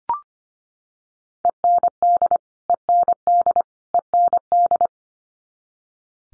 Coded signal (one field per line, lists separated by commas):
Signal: Morse code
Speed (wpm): 25 wpm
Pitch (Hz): 700 Hz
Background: none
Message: END END END